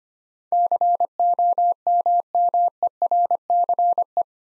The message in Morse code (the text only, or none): COMMERCE